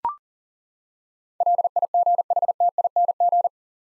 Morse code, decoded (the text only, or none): LIGHTING